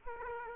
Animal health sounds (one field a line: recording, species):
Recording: mosquito wingbeat signal from an infrared sensor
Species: Aedes aegypti